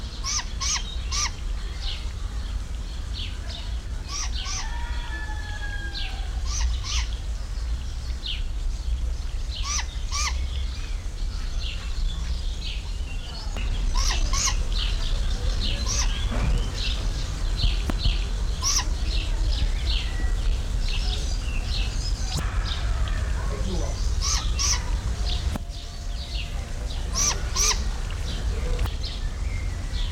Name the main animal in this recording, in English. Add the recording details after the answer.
Great Grey Owl. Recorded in captivity. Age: juvenile. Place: Zoo Berlin, Berlin, DE. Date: 1994-07-02 10:29. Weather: sonnig, 18-24°C. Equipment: Marantz CP 430, Sennheiser ME 80, Kopie Uher Variocord 263. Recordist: Tembrock, Günter